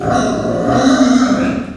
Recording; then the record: squeal of a Yucatan mini pig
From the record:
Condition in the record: after surgery on the right vocal fold (resection and tissue-engineered implant); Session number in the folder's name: 9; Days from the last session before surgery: 65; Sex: female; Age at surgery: 19 weeks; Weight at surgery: 25 kg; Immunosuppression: prednisolone